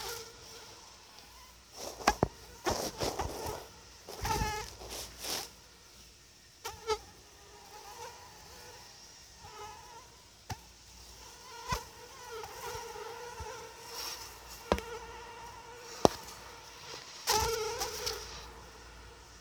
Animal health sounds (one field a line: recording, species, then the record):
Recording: mosquito flight sound by mobile phone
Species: Anopheles atroparvus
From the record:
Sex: female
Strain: EBRO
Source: CDC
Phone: Sony Xperia